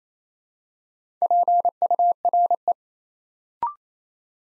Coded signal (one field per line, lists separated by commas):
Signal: Morse code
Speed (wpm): 27 wpm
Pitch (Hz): 700 Hz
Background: none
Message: PURE